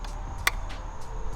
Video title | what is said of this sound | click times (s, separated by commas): FIRST MOD ON MY TYPE R - K&N Filter Installation | plug in your mass airflow sensor cable and then it just clips on like so until | 0.5 s